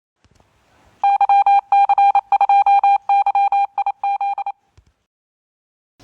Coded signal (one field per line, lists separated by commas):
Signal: Morse code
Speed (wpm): 27 wpm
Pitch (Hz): 800 Hz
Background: none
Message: YC2YIZ